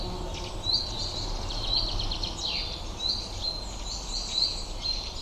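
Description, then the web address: Bird calls: short, high, thin chirps repeated about once a second over a steady low rumble and background hiss. "Bird Only"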